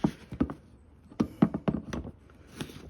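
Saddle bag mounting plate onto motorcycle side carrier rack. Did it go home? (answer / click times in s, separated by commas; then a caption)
no / none. The grooves of a soft SW-Motech saddle bag's mounting plate are lined up with the side carrier rack of a Speed Twin motorcycle and pushed on. A series of short, dull knocks and taps is heard around 0.0, 0.4, 1.2, 1.4, 1.7 and 1.9 seconds, with a faint one near 2.6 seconds. The plate is not lined up, so the bag has not seated or clicked onto the rack yet.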